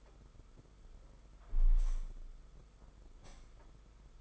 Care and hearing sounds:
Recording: daily activity, microphone in the room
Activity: close window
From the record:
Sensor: 5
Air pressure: 991.4 hPa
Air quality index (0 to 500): 109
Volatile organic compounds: 25 ppm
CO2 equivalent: 2842 ppm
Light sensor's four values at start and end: 39/127/48/51 and 39/126/48/51

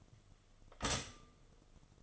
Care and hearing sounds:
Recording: daily activity, microphone in the room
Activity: stop toaster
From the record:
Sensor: 4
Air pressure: 1015.5 hPa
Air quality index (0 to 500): 196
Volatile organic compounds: 9 ppm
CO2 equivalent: 2191 ppm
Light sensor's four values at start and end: 4/9/3/3 and 4/9/3/3

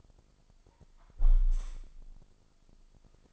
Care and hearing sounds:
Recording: daily activity, microphone in the room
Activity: close window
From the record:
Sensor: 5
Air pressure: 1004.8 hPa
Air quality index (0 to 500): 81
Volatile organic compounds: 1 ppm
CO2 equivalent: 968 ppm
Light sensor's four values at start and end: 33/78/31/30 and 33/78/31/30

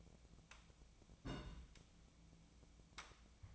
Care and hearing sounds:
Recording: daily activity, microphone in the room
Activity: place on stove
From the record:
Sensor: 1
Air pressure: 1000.0 hPa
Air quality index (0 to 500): 132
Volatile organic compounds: 2 ppm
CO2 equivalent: 1251 ppm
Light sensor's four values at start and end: 41/105/44/55 and 41/104/43/54

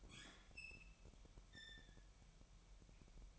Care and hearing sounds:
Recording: daily activity, microphone in the room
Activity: open fridge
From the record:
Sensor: 1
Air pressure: 1002.0 hPa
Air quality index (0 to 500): 241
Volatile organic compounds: 47 ppm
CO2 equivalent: 3254 ppm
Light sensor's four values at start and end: 8/28/10/11 and 8/28/10/11

